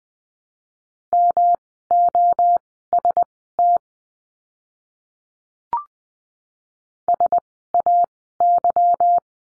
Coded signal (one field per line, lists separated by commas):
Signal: Morse code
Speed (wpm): 20 wpm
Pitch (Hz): 700 Hz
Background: none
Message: MOST SAY